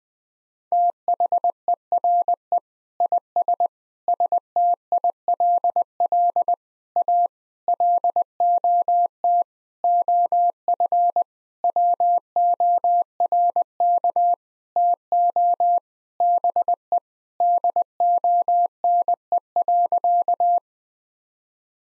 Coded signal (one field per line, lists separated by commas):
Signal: Morse code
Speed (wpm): 20 wpm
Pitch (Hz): 700 Hz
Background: none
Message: THERE IS STILL A LOT OF WORK TO BE DONE.